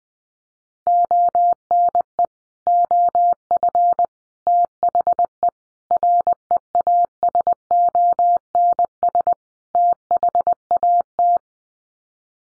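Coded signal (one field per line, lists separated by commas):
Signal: Morse code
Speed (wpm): 20 wpm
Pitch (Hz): 700 Hz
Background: none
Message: ONE OF THE REASONS THAT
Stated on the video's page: Head-copy practice of common five-word sets in Morse at 20 wpm, each sent in Morse, then spoken, then sent again.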